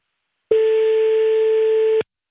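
A single steady telephone ringback tone of an outgoing call placed live on Fun Radio, a flat mid-pitched beep lasting about a second and a half, then cutting off into silence. No voices.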